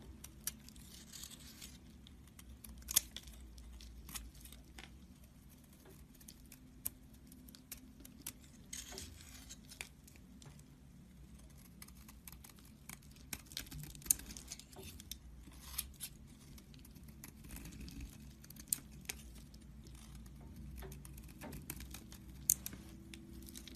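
Soap carving: a steady low hum runs underneath while short, sharp scrapes and clicks of the blade come irregularly, sometimes in quick clusters. A few louder taps stand out near the middle and toward the end.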